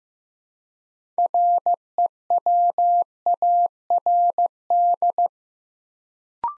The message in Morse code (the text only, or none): REWARD